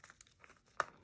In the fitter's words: We're going to press the cap on until we hear it pop, or feel it pop more like.